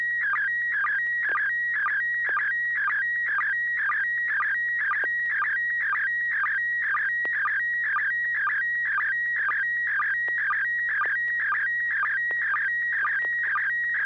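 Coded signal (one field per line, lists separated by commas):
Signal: SSTV (slow-scan television)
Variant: PD120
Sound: warbling, chirpy tone with a rhythmic ticking about twice a second, continuous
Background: low steady hum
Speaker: that this is a November 6 hotel Alpha and this will be a pd20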